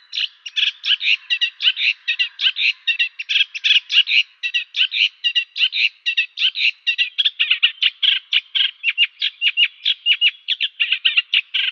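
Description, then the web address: Eurasian reed warbler song: fast, continuous chattering of raspy, repeated notes, varying slightly in pitch throughout. "Schulze Peter Reed Warbler song"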